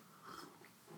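A single short, soft burst of hissing air stands out against a quiet room, with a faint second puff just after. It is Ginny, a small pet cat, sneezing right beside the microphone indoors.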